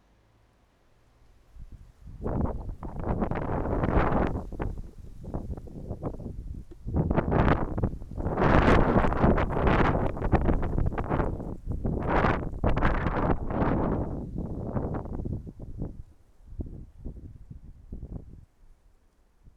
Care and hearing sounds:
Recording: everyday scene through a hearing-aid microphone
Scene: wind on the microphone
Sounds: wind, traffic, birds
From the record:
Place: suburban garden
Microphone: behind the ear, right, front

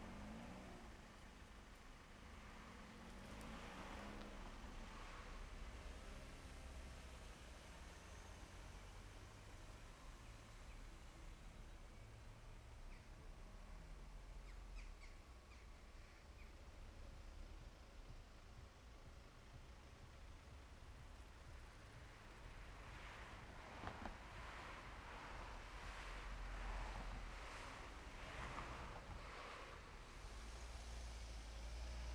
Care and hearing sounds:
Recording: everyday scene through a hearing-aid microphone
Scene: in traffic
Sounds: traffic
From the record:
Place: main road on the outskirts, rush hour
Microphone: behind the ear, left, rear

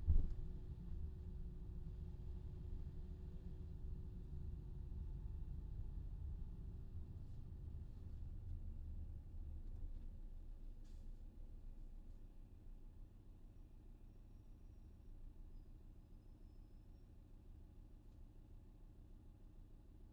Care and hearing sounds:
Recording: everyday scene through a hearing-aid microphone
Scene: in a vehicle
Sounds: engine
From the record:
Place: VW T5 Caravelle, diesel engine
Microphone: in the ear canal, left

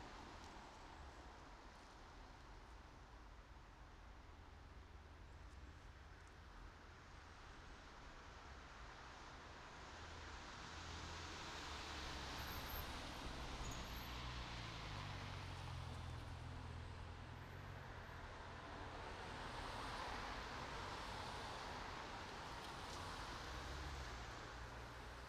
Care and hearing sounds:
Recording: everyday scene through a hearing-aid microphone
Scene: in traffic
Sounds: traffic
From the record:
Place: main road on the outskirts, rush hour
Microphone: in the ear canal, right

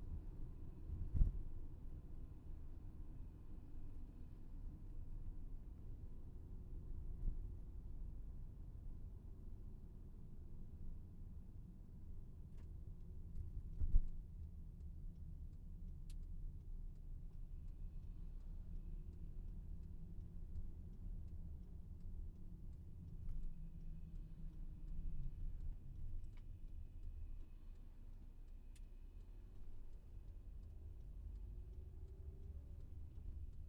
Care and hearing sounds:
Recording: everyday scene through a hearing-aid microphone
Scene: in a vehicle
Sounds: engine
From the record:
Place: VW T5 Caravelle, diesel engine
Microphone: behind the ear, left, rear

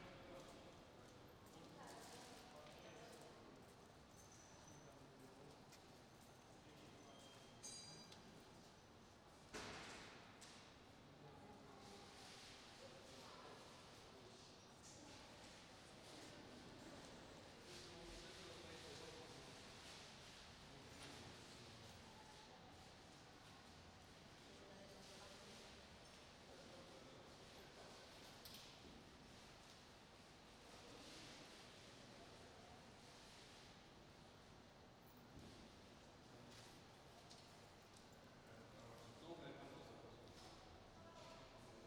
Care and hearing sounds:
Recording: everyday scene through a hearing-aid microphone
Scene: reverberant space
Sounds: background noise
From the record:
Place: railway station hall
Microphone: in the ear canal, right

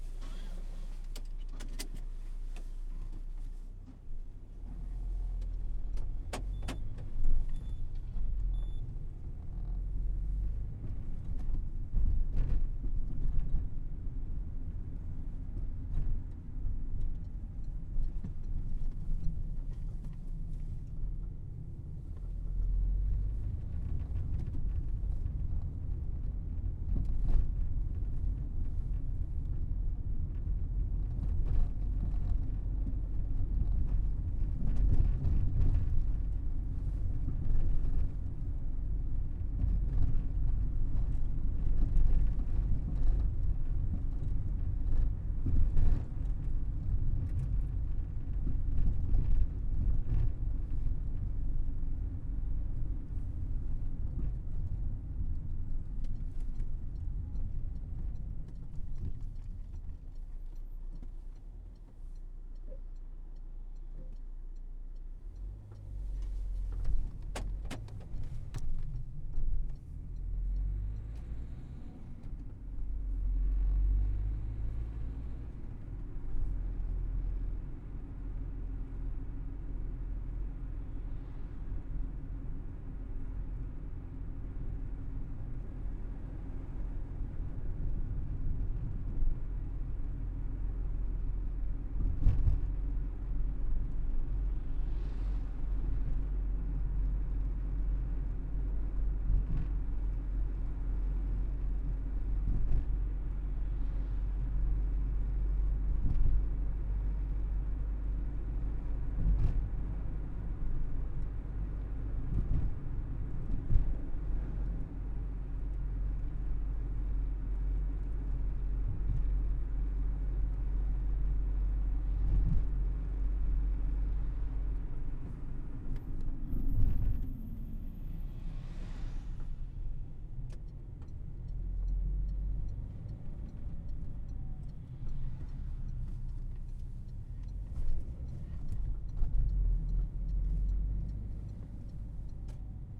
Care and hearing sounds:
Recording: everyday scene through a hearing-aid microphone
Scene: in a vehicle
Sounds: engine, other noises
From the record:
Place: Berlingo II, diesel engine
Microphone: behind the ear, left, rear

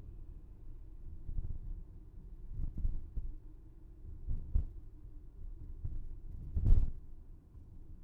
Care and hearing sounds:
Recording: everyday scene through a hearing-aid microphone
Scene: in a vehicle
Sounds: engine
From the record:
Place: VW T5 Caravelle, diesel engine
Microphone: behind the ear, left, front

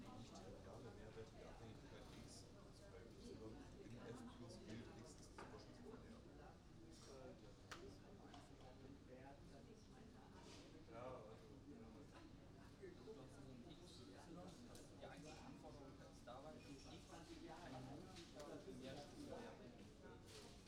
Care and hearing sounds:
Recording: everyday scene through a hearing-aid microphone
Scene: many people talking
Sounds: many voices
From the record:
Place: university cafeteria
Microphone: in the ear canal, right

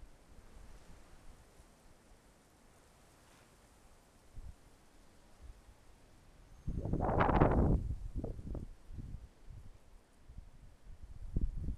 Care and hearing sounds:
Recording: everyday scene through a hearing-aid microphone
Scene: wind on the microphone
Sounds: wind, traffic, birds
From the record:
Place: suburban garden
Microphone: behind the ear, left, rear

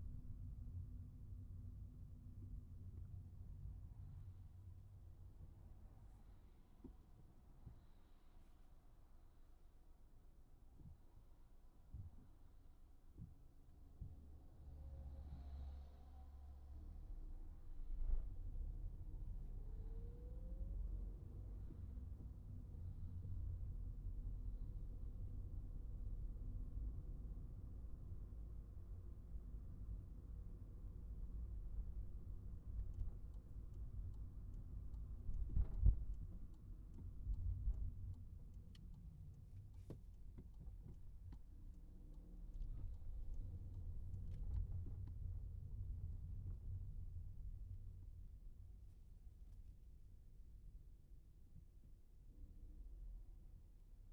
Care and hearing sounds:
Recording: everyday scene through a hearing-aid microphone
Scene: in a vehicle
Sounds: engine, traffic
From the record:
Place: Skoda Fabia, gasoline engine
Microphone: behind the ear, right, front

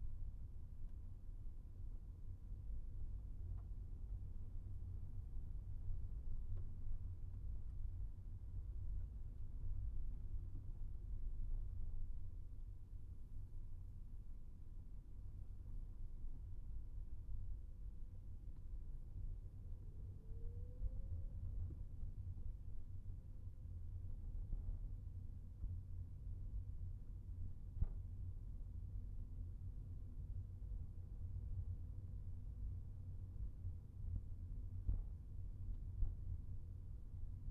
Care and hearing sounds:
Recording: everyday scene through a hearing-aid microphone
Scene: in a vehicle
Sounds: engine, rumble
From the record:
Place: Skoda Fabia, gasoline engine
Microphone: behind the ear, right, rear

